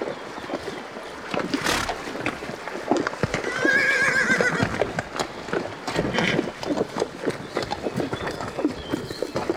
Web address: лошадь